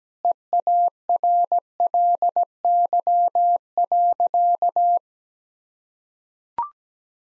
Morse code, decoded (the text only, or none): EARLY.